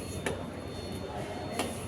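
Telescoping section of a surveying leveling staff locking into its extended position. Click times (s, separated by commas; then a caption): 1.6 s. A telescoping section of a surveying leveling staff is pulled out from 1 m until it locks into its extended position at 2 m. A short sharp hit sounds at 0.3 s, possibly the start of the pull, and then the section clicks locked at 1.6 s. No one talks during the clip.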